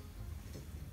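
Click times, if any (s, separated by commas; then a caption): none. A new wiper blade's plastic clip adapter is handled and pulled toward the installer, about to be snapped into the hook of a metal windshield wiper arm. Only a steady low rumble with faint soft handling noise is heard throughout. Nothing has seated or clicked yet.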